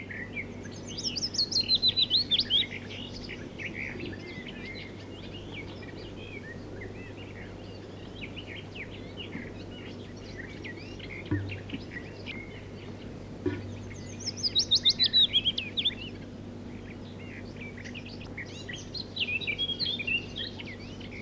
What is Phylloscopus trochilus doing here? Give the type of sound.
song